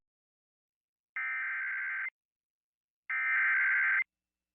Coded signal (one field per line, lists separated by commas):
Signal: Emergency Alert System (SAME) tones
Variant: header bursts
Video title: Livestream EAS #36 SVR FM Relay (NWS Norman)